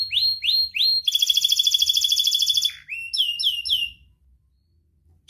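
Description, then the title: Atlantic canary giving three upslurred whistles, a long pulsed rattling trill, a descending glide, then a few rapid notes before falling quiet. Actively singing canary ('kenari gacor') with its best 'cengkok' ornamented phrasing and richest 'isian' fill-in material, from Indonesian songbird-keeping hobby (kicaumania) circles. "Kenari Gacor Cengkok Terbaik Isian Paling Mewah Kenarigacor Kicaumania Kenari"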